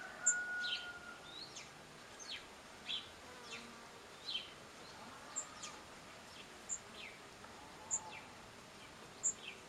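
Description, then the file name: House sparrow chirps, short downslurred notes repeated over a steady hiss, with faint high ticking sounds. "Passer domesticus"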